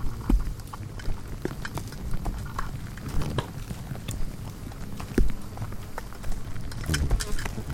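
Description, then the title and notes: Insects around a light, busy irregular ticking and tapping, some sharper knocks, all over a low steady hum. Hundreds of insects frantically congregating at night around a lone porch bulb, wildlife ranch at Mmabolela, South African savannah; November 2016; mix of six mics including miniature omnis. "Hundreds of Bugs. One Lightbulb. a bulb hanging on the porch of a wildlife ranch in South Africa."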